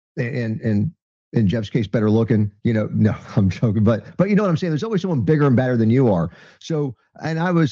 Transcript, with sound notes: and, and, and in Jeff's case, better looking. You know. (laughs) No, I'm joking. But, but you know what I'm saying? There's always someone bigger and badder than you are. So... and I was...